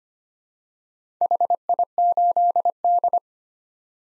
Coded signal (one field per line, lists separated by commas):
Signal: Morse code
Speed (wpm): 25 wpm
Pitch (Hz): 700 Hz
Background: none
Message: HI8D